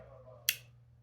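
The second side of a trigger assembly part is pushed by hand into a Glock 43X pistol frame and snaps in with one sharp, bright click at 0.5 s over a low, steady background hum. The part seats fully without needing a punch.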